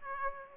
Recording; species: mosquito wingbeat signal from an infrared sensor; Aedes aegypti